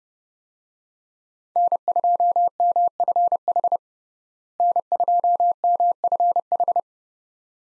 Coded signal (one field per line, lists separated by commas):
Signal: Morse code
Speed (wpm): 30 wpm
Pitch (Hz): 700 Hz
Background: none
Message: N2MFH N2MFH